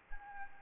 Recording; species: mosquito wingbeat signal from an infrared sensor; Anopheles arabiensis